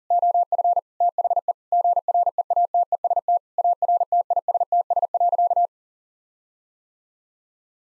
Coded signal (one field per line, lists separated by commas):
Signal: Morse code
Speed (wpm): 40 wpm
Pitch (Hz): 700 Hz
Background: none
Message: OF THE GREATEST ARTISTS.